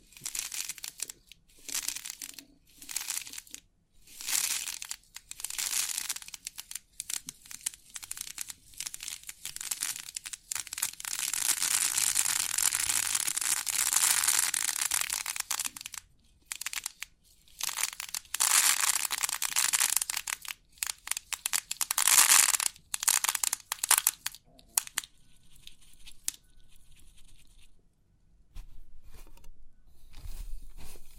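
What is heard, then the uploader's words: Crisp crinkling and rustling from a pin art toy, coming in bursts with short silent gaps between them. The bright, dense scratchy texture swells into longer runs around the middle, then thins into sparser taps and scrapes toward the end. Crisp 3D Pin Art Tingles(No Talking).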